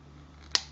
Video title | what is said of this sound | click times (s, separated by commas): TRANSFORMERS ROBOTS IN DISGUISE BISK WARRIOR CLASS TOY REVIEW | it snaps into place and you'll definitely hear it snap into place then | 0.6 s